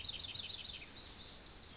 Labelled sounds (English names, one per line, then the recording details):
Pacific Wren
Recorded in Sonoma County, California